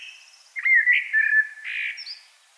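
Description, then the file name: Common blackbird song: fluted whistles dropping and sliding, a buzzy middle note, ending in a thin high squeak. "Turdus merula"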